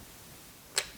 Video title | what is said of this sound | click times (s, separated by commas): Reviewing the Mirka Deros 5.0 Sander | So you just stick this inside here, and you'll hear a click. | 0.8 s